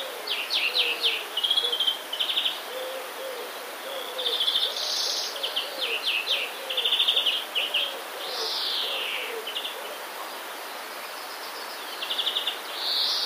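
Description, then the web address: Common redstart in a long mimicking sequence: sharp descending notes, rattling trills and a falling wheezy buzz, repeated in bursts with soft low notes underneath. Song containing phrases borrowed from the European greenfinch. "wroblowe zapozyczenia dzwoniec. wroblowe zapozyczenia pleszka"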